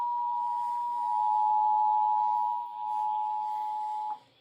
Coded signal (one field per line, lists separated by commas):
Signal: Emergency Alert System (SAME) tones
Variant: 853 and 960 Hz attention tone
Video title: Eas Cae on KUHF 88.7fm ,Kyaz 51.1,Kacc 89.7fm and KUHT tv 8.3 Eas-1110- 1113)